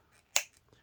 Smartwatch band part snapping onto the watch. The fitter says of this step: it just snaps in and wouldn't move now I'm gonna put on my wrist so you can see what it looks like